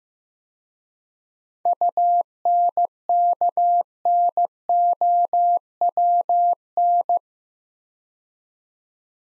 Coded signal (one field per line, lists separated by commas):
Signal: Morse code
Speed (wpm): 15 wpm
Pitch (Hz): 700 Hz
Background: none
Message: UNKNOWN